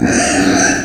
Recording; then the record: squeal of a Yucatan mini pig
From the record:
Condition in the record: before surgery on the right vocal fold (resection and tissue-engineered implant); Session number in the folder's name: 3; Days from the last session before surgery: 0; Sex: female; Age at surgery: 19 weeks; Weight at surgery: 25 kg